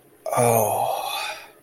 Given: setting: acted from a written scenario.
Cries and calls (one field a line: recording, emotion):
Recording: vocal sound without words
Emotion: ecstasy